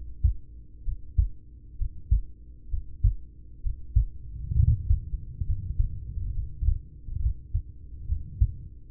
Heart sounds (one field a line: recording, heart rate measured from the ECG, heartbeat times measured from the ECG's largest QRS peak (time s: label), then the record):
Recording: heart sounds by stethoscope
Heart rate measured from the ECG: 67 bpm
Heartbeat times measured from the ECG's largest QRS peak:
0.81 s: heartbeat
1.74 s: heartbeat
2.67 s: heartbeat
3.59 s: heartbeat
4.51 s: heartbeat
5.43 s: heartbeat
6.31 s: heartbeat
7.18 s: heartbeat
8.04 s: heartbeat
8.88 s: heartbeat
From the record:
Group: heart failure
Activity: breath hold 0-6 s, rest 6-9 s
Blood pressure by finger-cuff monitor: 75/47 mmHg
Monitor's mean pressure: 56 mmHg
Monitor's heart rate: 65 bpm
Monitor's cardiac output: 4.9 L/min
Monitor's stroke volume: 75 mL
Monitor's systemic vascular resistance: 790 dyn s/cm5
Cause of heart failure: ischemic heart disease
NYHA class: 1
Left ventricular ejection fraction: 33%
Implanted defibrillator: present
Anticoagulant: apixaban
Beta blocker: carvedilol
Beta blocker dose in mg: 18.75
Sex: male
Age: 39 years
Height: 168 cm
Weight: 72 kg